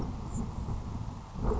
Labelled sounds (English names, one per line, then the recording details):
Grasshopper Sparrow
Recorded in Sonoma County, California